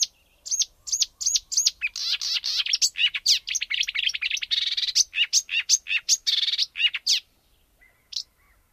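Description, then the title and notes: Marsh Warbler song: fast, varied chatter of sharp chips, buzzes and trills running for about seven seconds before a brief pause. "Viikon luontoääni: Luhtakerttunen. Juha Laaksonen"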